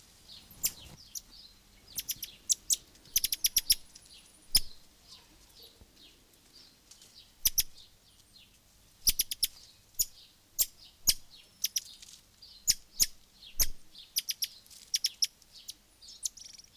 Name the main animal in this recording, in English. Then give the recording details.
Brown-mantled Tamarin. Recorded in captivity. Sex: group. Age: adult. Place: Zoo Halle, Sachsen-Anhalt, DE. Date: 2002-06-17 16:30. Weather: sonnig, 27°C. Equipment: Nagra SN, Kopie Uher 4000 Report Monitor. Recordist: Tembrock, Günter